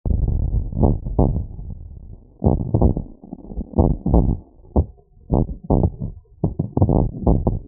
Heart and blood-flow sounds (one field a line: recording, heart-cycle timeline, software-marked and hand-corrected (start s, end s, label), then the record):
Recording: heart sounds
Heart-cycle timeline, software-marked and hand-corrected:
0.00	0.80	diastole
0.80	0.96	S1
0.96	1.18	systole
1.18	1.32	S2
1.32	2.46	diastole
2.46	2.58	S1
2.58	2.82	systole
2.82	2.94	S2
2.94	3.78	diastole
3.78	3.90	S1
3.90	4.12	systole
4.12	4.28	S2
4.28	5.34	diastole
5.34	5.48	S1
5.48	5.78	systole
5.78	5.90	S2
5.90	6.82	diastole
6.82	6.98	S1
6.98	7.26	systole
7.26	7.42	S2
7.42	7.68	diastole
From the record:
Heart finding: abnormal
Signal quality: good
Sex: male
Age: 22 years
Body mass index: 18.6